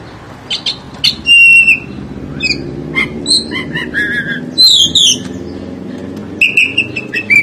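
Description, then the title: Oriental magpie-robin song: clear whistled notes and short chattering phrases over a steady low background hum. "Kacer"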